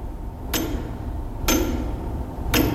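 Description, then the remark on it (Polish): Tower clock pendulum escapement ticking in a slow, steady rhythm: three sharp metallic clacks about one second apart, each with a brief ringing tail, over a low mechanical hum. “Tik-tak, tik-tak.”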